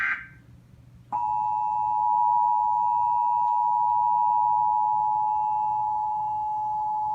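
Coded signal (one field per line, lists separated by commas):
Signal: Emergency Alert System (SAME) tones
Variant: 853 and 960 Hz attention tone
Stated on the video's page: Amber Alert (child abduction emergency) received on TV.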